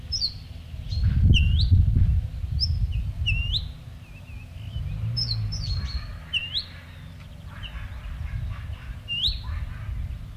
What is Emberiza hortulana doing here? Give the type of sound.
alarm call